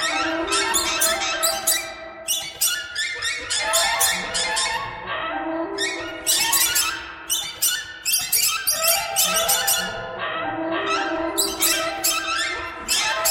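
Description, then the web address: Birds in a noisy flock, overlapping harsh squeaks and chatters running throughout, rising in brief loud surges. "soundfactory birds"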